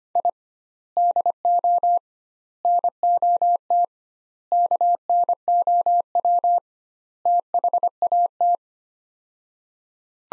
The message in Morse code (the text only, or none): I DO NOT KNOW THAT